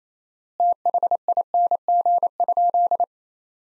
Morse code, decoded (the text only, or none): THING?